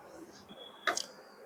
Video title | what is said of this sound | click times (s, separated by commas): Sony PS LX-155A - Sony Record Player - Old is sweet | இதுல வந்து உட்கார்ந்த உடனே லைட்டா பிரஸ் பண்ணி விட்டோம்னா டக்குன்னு ஒரு சவுண்ட் கேட்கும். உள்ள போய் லாக் ஆயிடுது. | 0.9 s, 1.0 s